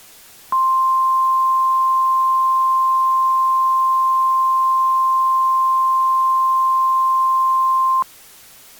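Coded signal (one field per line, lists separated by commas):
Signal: Emergency Alert System (SAME) tones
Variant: 1050 Hz attention tone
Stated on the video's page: Remake of a tornado warning EAS alert for Hillsborough County, Florida, not an original capture.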